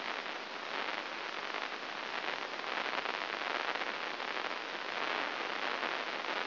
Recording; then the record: brain microelectrode recording played as sound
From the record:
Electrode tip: inside the subthalamic nucleus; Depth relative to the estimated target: -1.5 mm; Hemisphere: right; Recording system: AlphaMap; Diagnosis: Parkinson's disease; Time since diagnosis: 7 years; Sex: female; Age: 49 years